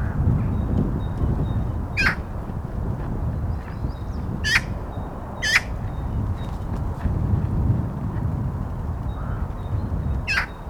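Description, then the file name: Eurasian magpie calls: short harsh squawks spaced irregularly, one to five seconds apart, four notes in total, against a constant low roar of background noise. "Pica pica"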